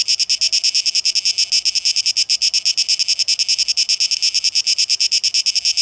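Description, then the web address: Cicada song: fast, even pulses of shrill buzzing, with a faint lower hum in the background. Recorded 12 August 2023; tape echo mix. "rauschpartikel Audio 2023-08-12 Zikaden"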